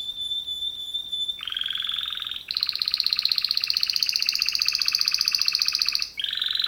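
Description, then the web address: Canary singing a faint steady whistle, then a buzzy roll and a long, very fast rattling trill, closing with a lower roll. Male canary. "kenar businka canto kenar"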